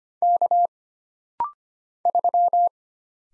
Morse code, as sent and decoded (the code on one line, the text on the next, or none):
-.- / ...--
K 3